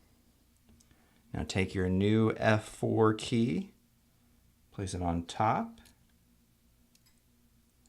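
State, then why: Not seated. A new plastic F4 keycap is placed on top of the key hinge of a 13" MacBook Pro Early 2009 Core 2 Duo 2.53 GHz and lined up before being pressed home. Someone talks, with a few faint short ticks near 0.6, 0.8, 7.0 and 7.9 seconds. Nothing has been pressed down or clicked into place yet.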